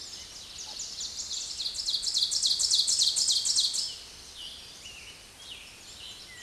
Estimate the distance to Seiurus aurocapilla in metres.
about 15 m